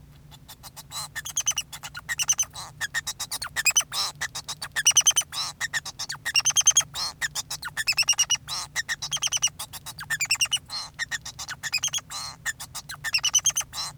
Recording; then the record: song of a male Bengalese finch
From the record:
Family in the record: son of father 2